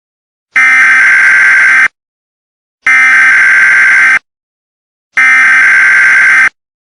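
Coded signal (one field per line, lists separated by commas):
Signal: Emergency Alert System (SAME) tones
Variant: header bursts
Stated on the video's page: Fictional EAS scenario.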